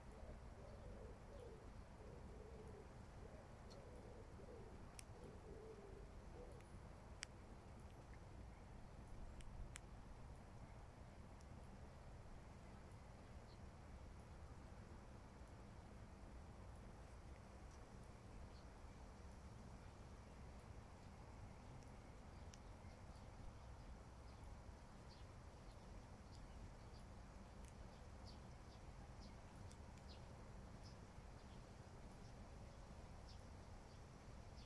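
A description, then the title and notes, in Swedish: Light rain patters steadily throughout, with faint bird chirps scattered high above a low constant rumble and a few sharp ticks. Soldäck. Njuter av småregn och fågelkvitter.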